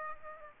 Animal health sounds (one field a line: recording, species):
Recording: mosquito wingbeat signal from an infrared sensor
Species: Aedes aegypti